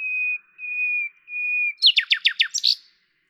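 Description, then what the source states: Common nightingale song: three long steady pure whistles followed by a burst of loud repeated sharp notes. At Lavours, France, on 10 May 1998; Tascam DAP-1 with Télingua microphone, edited in Samplitude 5.1.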